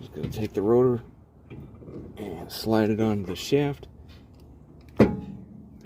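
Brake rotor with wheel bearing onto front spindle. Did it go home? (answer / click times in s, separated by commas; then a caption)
yes / 5.0 s. On a 1985–1992 Jeep Cherokee XJ or Comanche MJ with two-wheel drive, a greased brake rotor with its inner wheel bearing is slid onto the front spindle shaft while someone talks. A sharp click at 5.0 s marks the rotor popping into place, seated on the spindle.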